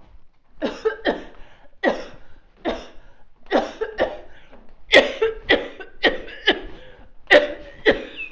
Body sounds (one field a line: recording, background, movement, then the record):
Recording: voluntary coughing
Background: quiet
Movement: walking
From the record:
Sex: female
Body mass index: 21.8 kg/m2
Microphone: on the chest, facing outward